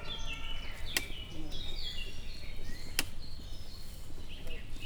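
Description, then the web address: Bactrian camel tail slaps: two sharp, dry smacks about two seconds apart, with small birds chirping and twittering throughout over a low rumbling background. Captive male in a zoo in Miskolc, recorded 2018, slapping its back with its tail. "ketpupu teve levizeltfarkavalahatatcsapkodohim"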